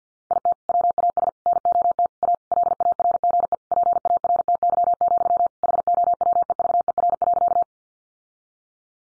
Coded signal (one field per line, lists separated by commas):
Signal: Morse code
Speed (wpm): 50 wpm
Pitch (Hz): 700 Hz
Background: none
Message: IT WAS NOT A LARGE PARTY, HOWEVER.